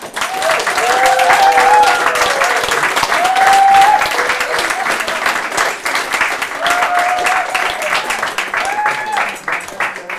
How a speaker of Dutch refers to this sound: Jullie willen sowieso wel nog een keer heel hard klappen